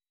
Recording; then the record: hydrophone in a shrimp aquaculture tank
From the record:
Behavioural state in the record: weakened